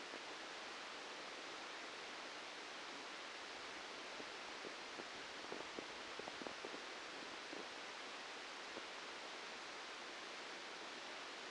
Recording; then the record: brain microelectrode recording played as sound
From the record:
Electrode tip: outside the subthalamic nucleus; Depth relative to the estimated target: -4 mm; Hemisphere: left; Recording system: NeuroSet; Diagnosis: Parkinson's disease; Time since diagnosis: 13 years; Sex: male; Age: 63 years